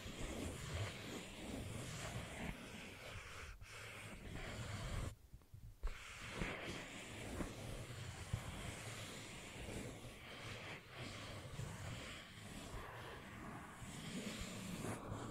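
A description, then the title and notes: Sensitive tracing for ASMR: a dense, continuous scratchy rubbing that sounds like rushing wind, with a rumbling low undertone. It cuts out abruptly for nearly a second around five seconds, with brief dips near four and eleven seconds, then resumes unchanged. ASMR Sensitive Tracing (No Talking).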